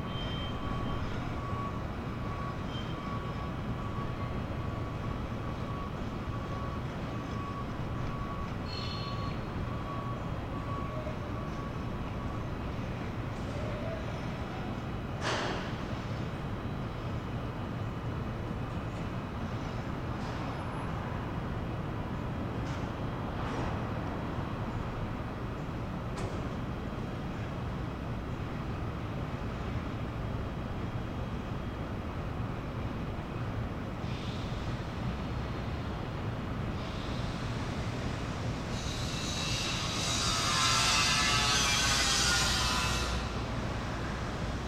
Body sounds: background sound without coughing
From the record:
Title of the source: 30 MINUTES Construction Site Ambience (CC BY 4.0)

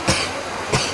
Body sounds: coughing mixed with background sound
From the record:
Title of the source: Dry Afternoon Cough

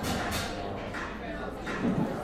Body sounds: background sound without coughing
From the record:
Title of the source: 60 minutes of coffee shop sounds for study and concentration

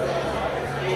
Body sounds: background sound without coughing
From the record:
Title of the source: CITY SOUNDS Busy Bar in the Evening Night - 2 HOURS of Ambiance for Relaxation

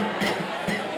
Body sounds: coughing mixed with background sound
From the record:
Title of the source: Man Coughing Sound - Wet Cough Sound Effect

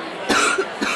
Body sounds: coughing mixed with background sound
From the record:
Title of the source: 64 coughing, allergies, singing lungs

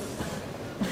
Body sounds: coughing mixed with background sound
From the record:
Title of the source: Spring Allergy Coughing

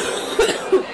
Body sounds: coughing mixed with background sound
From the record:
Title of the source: 30 Chesty and wet cough

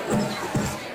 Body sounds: coughing mixed with background sound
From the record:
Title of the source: Mid-morning Winter Coughing Fit

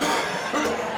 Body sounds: coughing mixed with background sound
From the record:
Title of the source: Wet Throat Infection Cough

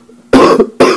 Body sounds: coughing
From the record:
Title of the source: Coughing 77

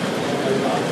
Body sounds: background sound without coughing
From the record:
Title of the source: Office Sounds Ambience - Background Noise for Study and Work

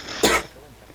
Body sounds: coughing mixed with background sound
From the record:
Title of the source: 61 morning phlegmy cough...again

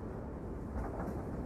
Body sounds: background sound without coughing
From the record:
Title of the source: Train Ride Ambience ambient white noise for sleeping, focus, studying, reading

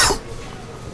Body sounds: coughing mixed with background sound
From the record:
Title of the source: Coughing 79

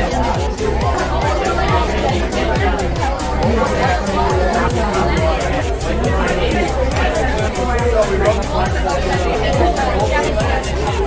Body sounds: background sound without coughing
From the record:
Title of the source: Nightlife Party Simulating Party Club Noise 1 Hour

